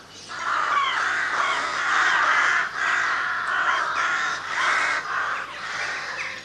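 Crows giving long runs of overlapping harsh caws, almost continuous for several seconds.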